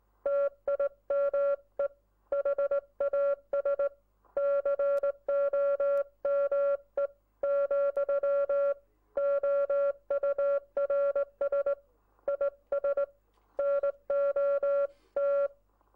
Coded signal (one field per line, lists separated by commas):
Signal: Morse code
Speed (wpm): 19 wpm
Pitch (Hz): 560 Hz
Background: music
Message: TIME HAS COME, OURS IS NOT